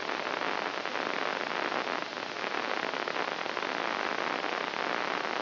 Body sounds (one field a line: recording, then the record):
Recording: brain microelectrode recording played as sound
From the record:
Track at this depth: inside the subthalamic nucleus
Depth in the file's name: 1.131 mm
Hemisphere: right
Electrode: 2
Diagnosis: Parkinson's disease